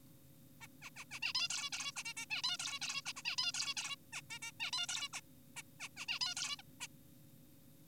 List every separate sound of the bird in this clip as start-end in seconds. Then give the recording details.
0.61-0.67, 0.82-0.90, 0.96-1.05, 1.11-1.20, 1.22-1.33, 1.35-1.48, 1.50-1.70, 1.73-1.92, 1.96-2.03, 2.05-2.14, 2.17-2.26, 2.30-2.42, 2.44-2.57, 2.60-2.79, 2.82-3.02, 3.06-3.13, 3.16-3.22, 3.25-3.36, 3.38-3.52, 3.54-3.74, 3.77-3.96, 4.13-4.22, 4.30-4.39, 4.42-4.52, 4.60-4.71, 4.73-4.86, 4.89-5.09, 5.13-5.20, 5.57-5.62, 5.80-5.89, 5.97-6.06, 6.08-6.19, 6.21-6.35, 6.37-6.56, 6.59-6.62, 6.81-6.87. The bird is an adult. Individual g4p5U